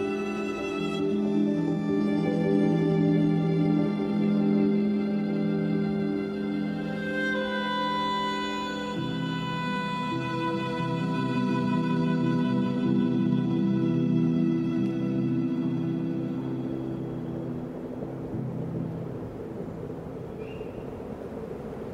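Sustained string chords hold low and full, shifting to new notes around eight seconds, then fade and thin out over the final few seconds.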